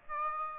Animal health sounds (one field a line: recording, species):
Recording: mosquito wingbeat signal from an infrared sensor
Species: Aedes aegypti